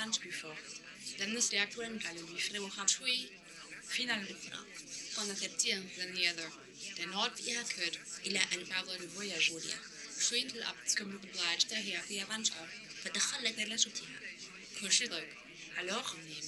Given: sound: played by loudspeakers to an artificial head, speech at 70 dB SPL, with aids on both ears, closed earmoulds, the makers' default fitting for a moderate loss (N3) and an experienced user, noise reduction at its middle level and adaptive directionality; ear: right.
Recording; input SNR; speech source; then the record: speech test signal (ISTS) in cocktail-party noise; +6 dB; in front (0 degrees)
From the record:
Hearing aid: class 1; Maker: J